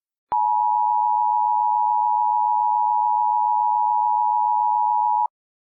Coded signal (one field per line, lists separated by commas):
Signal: Emergency Alert System (SAME) tones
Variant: 853 and 960 Hz attention tone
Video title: EAS Scenario: Integrated